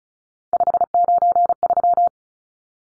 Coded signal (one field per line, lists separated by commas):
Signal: Morse code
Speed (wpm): 34 wpm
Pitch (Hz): 700 Hz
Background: none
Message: 593